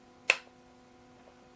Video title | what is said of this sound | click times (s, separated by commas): Philips Hue A19 Starter kit unboxing, partial setup & review | push it in and listen for the click, | 0.3 s